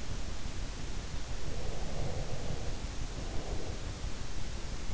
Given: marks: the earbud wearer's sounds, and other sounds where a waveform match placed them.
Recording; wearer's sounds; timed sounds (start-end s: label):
sounds in sleep by an in-ear microphone; breath
1.44-4.28 s: breath